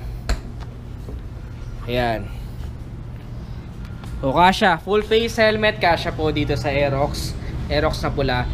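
A red 2021 Yamaha Aerox V2 scooter's seat latch is unlocked, giving a single sharp click at 0.3 s as it releases and the seat lifts open over the underseat storage compartment. Someone then talks at length while showing that a full-face helmet fits inside.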